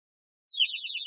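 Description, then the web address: Spotted towhee trill, a fast run of several identical buzzy high notes, evenly repeated, starting after a short silence. Trill, recorded in northwest California. "nwcal SPTO trill"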